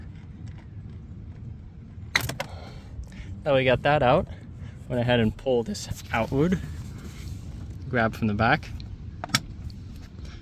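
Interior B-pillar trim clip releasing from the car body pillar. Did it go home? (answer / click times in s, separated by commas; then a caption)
released / 9.2 s, 9.4 s. Someone talks while pulling the plastic interior B-pillar trim panel of a 2003–2011 Town Car outward from the back. A retaining clip lets go of the car body pillar with a sharp snap at 9.2 and 9.4 seconds, releasing the trim.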